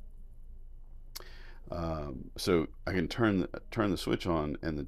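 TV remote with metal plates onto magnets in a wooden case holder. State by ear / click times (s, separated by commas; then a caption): seated / 1.2 s. A TV remote with metal plates glued to its back is placed into a holder built into a wooden TV case, where magnets pull it into place. A single sharp snap is heard at 1.2 s as the remote seats onto the magnet mount, and then someone talks.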